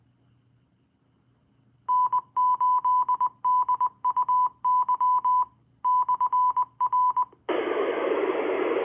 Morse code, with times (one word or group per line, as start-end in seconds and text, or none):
1.9-5.4 N8DUY
5.8-7.2 /R